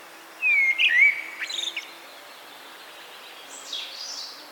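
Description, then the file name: Common blackbird song: a rich whistled phrase followed by a quick run of squeaky high notes, then a faint high sweeping sound. "Turdus merula"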